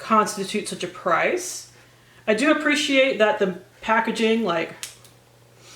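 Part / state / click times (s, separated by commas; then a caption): twist cap on a cosmetic serum bottle / seated / 5.1 s. Someone talks, then twists the cap of a cosmetic serum bottle closed. A short sharp click at 5.1 s marks the twist cap seating into place.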